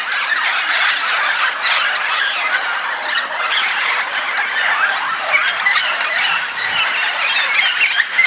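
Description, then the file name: Red-tailed amazons calling as a flock, a continuous dense chatter of harsh squeals and screeches with a steady high insect whine behind. At Itanhaém, São Paulo state, Brazil. "Amazona-brasiliensis 3-RCastro-Itanhaem SP. ASilveira"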